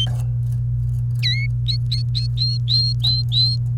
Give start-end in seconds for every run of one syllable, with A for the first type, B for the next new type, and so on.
1.23-1.46 A, 1.68-3.56 B